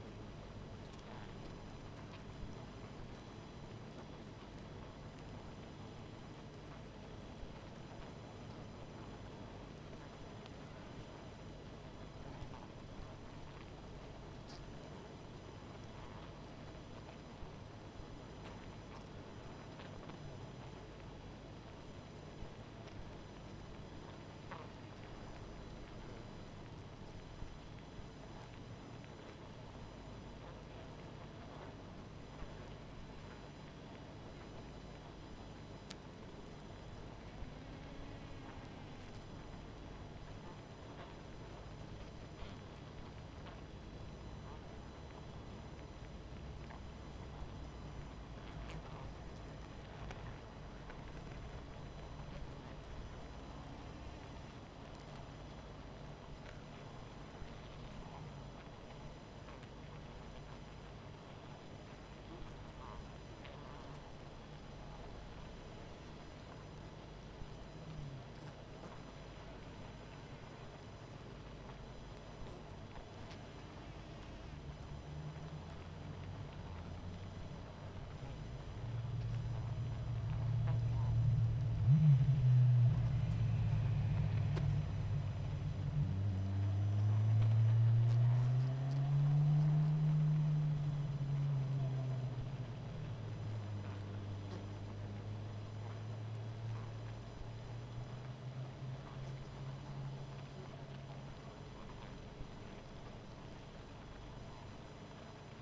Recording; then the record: honeybee colony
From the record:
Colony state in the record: missing queen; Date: 14 July 2017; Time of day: 19:51